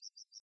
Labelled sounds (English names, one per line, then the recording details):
Yellowhammer song
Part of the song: start
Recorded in the Czech Republic on 27 June 2014
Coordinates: 49.860, 13.837
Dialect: XlB
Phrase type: C51
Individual h013